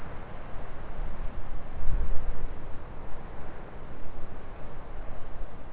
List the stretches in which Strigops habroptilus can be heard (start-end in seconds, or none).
none